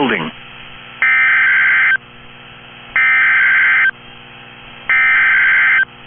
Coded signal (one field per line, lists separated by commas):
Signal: Emergency Alert System (SAME) tones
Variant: header bursts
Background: speech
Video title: NOAA Weather Radio · WNG642 Arab, Alabama · EAS #13 · Tornado Warning · 02/16/25